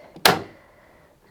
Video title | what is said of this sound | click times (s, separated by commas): Brand New Sizzix Big Shot Starter Kit - Unbox & Explore Dies, Embossing & Creativity! | and it pops and it is fully secure. | 0.3 s